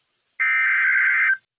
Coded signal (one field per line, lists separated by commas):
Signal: Emergency Alert System (SAME) tones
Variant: header bursts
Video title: 2 Severe Thunderstorm Warnings | 8/31/20 | EAS 25-26